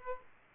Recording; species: mosquito wingbeat signal from an infrared sensor; Aedes aegypti